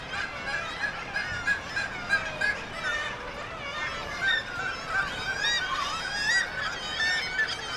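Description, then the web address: Black-legged kittiwake calls, a busy chorus of nasal cries with some sharper notes standing out over the throng. "sound Black-legged-kittiwake. صدای-پرنده-کاکایی-پاسیاه"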